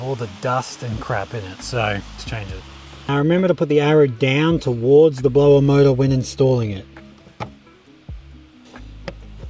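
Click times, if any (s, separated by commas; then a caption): 7.4 s, 9.1 s. A new cabin air filter is fitted into a Nissan Navara with its arrow pointing toward the blower motor, and the plastic cabin filter cover is pushed into the housing behind the glove box. Someone talks over background music, then two sharp clicks at 7.4 s and 9.1 s mark the cover seating home. A shake confirms it is firmly in place.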